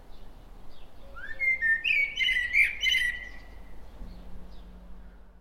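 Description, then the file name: Common blackbird calling in a two-second burst of rising, warbled and chattering notes with high squeaky accents, then a low steady hum joins near the end. "Turdus merula"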